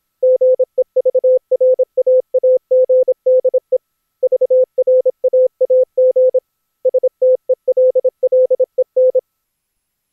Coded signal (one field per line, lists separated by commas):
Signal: Morse code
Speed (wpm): 19 wpm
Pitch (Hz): 510 Hz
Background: none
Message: GEVRAAGDE VRAAG STELLEN